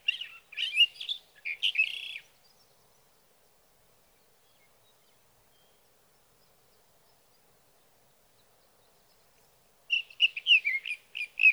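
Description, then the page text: Sage thrasher song, a burst of varied warbled notes, a long silence, then another burst. Male singing through the night near his night roost, evenings June 12 to mornings June 15, 2018, Sierra Valley, California; recorded with a Swift recorder. "Sage thrasher songs, through the night. For three nights, from the evening of June 12 to the morning of June 15, 2018, in Sierra Valley, California, I placed a Swift recorder near a male's night roost."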